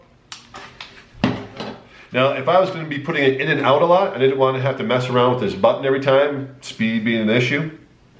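Someone handles the release button on a plastic mount clip, with a few short knocks and taps in the first 1.6 seconds before someone talks for the rest of the clip. The button has not yet been pushed in and down to lock, so nothing has clicked or seated yet.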